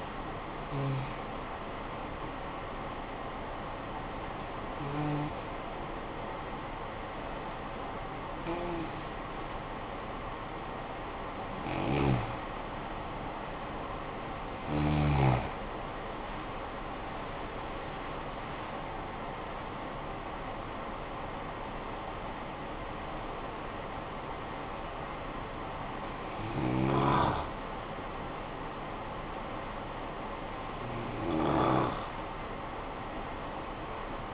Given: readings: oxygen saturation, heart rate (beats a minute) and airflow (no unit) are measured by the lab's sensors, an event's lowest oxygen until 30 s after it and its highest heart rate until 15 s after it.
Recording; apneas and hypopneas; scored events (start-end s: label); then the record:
breathing in sleep by a voice recorder at the bedside; 1
4.00-20.70 s: hypopnea (N1, oxygen 96% highest, then 90% lowest, heart rate 51 at the start, 77 highest)
From the record:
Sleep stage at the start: N1 (lightest sleep); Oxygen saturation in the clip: 90 to 96%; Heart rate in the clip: 50 to 77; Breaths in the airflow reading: 8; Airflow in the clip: -15.6 to 13.0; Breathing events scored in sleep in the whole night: 445 in 7.6 hours asleep